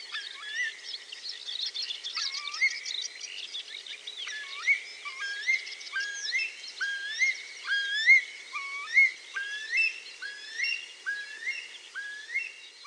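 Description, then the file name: Eurasian curlew, a long series of rising whistled notes in a steady rhythm, roughly one per second. "kulikwielki"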